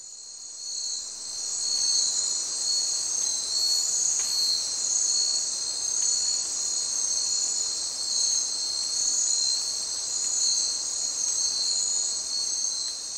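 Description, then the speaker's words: Insect chorus, steady high-pitched continuous trilling and buzzing in several bands, with no birds or other animals heard. Borneo, East Kalimantan forest about two weeks after selective logging, recorded by Susana Borivalova; birds and mammals lost, only background insects remain. "Yeah, you've lost the birds, you've lost the mammals, really you just have the background insects."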